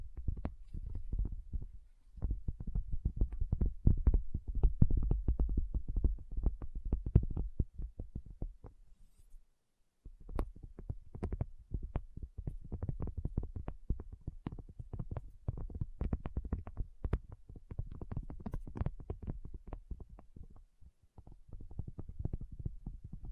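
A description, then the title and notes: Rapid, dense tapping with sharp clicks over a low thudding hum, pausing briefly near two seconds and again just before ten seconds. ASMR 1 Hour Tapping Session (No Talking).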